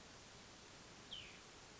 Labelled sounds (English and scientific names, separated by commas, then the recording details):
Cassin's Vireo (Vireo cassinii)
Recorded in Sonoma County, California